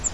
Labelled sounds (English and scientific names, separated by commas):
Grace's Warbler (Setophaga graciae) flight call